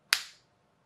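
A plastic part of a radio-controlled car kit is pushed into its mount on the chassis and snaps home with one sharp, bright click at 0.1 s, ringing briefly before fading to quiet. The part is confirmed seated.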